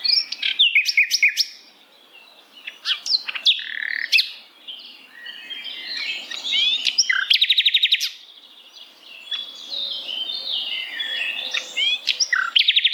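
Long rambling bird song of varied chirps, whistles and slurs, with a short buzzy rattle near the middle and twittering continuing to the end.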